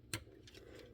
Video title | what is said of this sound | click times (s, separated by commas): Transformers Beast Wars Reissue Optimus Primal REVIEW! One of my favorites | black tabs make sure they're facing up so you hear you know a little click | 0.1 s